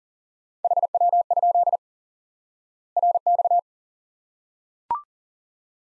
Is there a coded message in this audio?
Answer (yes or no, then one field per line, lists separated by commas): yes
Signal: Morse code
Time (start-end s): 0.6-3.6 s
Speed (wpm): 40 wpm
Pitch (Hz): 700 Hz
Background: none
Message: HW? RX